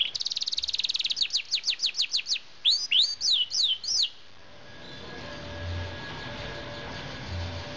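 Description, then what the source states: Norwich canary song: a rapid high trill, then a series of steep downslurred whistles, ending after four seconds and leaving faint background hiss and low hum. From Laropstars 2010.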